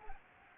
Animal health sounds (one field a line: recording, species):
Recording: mosquito wingbeat signal from an infrared sensor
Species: Anopheles gambiae